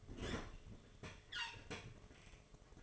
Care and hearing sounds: daily activity, microphone in the room; open fridge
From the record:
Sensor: 4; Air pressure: 1005.3 hPa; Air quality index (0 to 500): 177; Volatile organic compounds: 5 ppm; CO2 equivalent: 1738 ppm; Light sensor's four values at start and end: 5/11/4/4 and 5/10/4/4

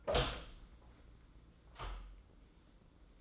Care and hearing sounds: daily activity, microphone in the room; open door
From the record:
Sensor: 3

